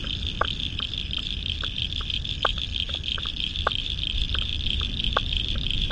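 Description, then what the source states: Frogs calling in chorus: irregular crisp clicks, a steady high buzzing trill, and low rushing noise throughout. Spring frog chorus at dusk by the South Pacific Ocean, Royal National Park, Australia, November 2015.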